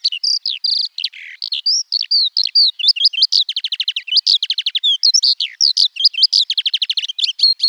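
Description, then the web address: Eurasian skylark singing a fast, varied warble that moves into rattling trills of quick repeated clicks, the notes pouring out continuously for the whole passage. "birdify. alauda arvensis"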